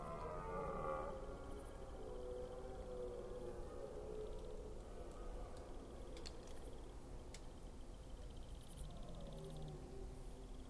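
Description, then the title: Red deer roaring, a rough low harmonic bellow with groaning tones, with faint high ticks. Recorded during the rut in Forêt d'Orléans, France. "Red Deer Rut - Forêt d'Orleans, France"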